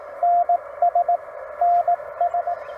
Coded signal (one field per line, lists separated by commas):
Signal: Morse code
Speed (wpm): 18 wpm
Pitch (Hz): 700 Hz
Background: radio noise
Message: NS NS